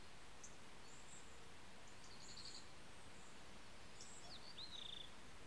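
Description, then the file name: Birds calling with a short buzzy trill, then a sharp chirp and a clear descending whistle, over constant low road traffic noise. Several birds in a garden with traffic, 13 September 2016. "160913-voegel garten verkehr"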